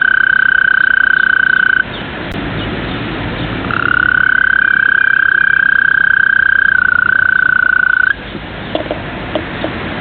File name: Rospo smeraldino (Bufo viridis)